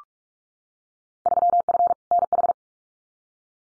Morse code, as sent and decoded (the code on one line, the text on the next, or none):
...-- ..-. / -. ....
3F NH